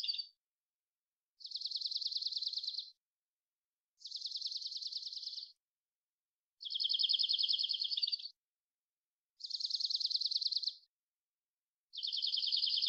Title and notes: Dark-eyed Junco, Junco hyemalis, collected song variations, trills, isolated Recorded in the beautiful Pacific Northwest, Washington, United States